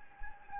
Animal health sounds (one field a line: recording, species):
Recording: mosquito wingbeat signal from an infrared sensor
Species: Anopheles gambiae